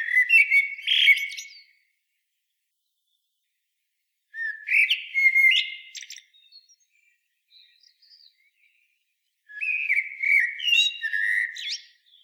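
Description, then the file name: Common blackbird singing three separate phrases of mellow whistles and high scratchy twitters, with pauses of a few seconds between them. "Turdus merula"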